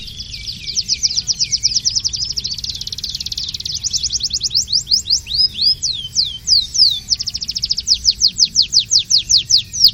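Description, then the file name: Canary song: high, rapid trilled phrases alternating with looped and slurred whistles, steady and loud without pauses. Long version of a canary's song. "kenari ajudan versi panjang milik om satria hendawan"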